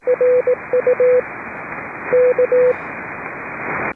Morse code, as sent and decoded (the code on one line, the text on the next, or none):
.-. ..- / -.-
RU K